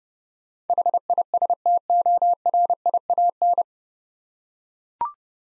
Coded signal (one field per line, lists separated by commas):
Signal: Morse code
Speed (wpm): 31 wpm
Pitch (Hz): 700 Hz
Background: none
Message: HISTORIAN